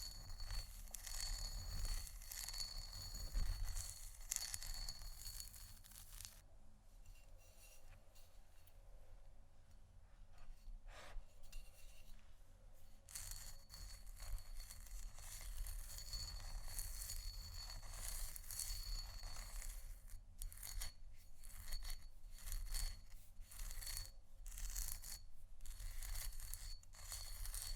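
Scratching and tapping on canisters, with a dense, gritty scratching for the first six seconds, then a quieter stretch of scattered taps until about thirteen seconds. Busy scratching returns, breaking into choppy, rapid taps near the end, over a faint high metallic ring and a low hum.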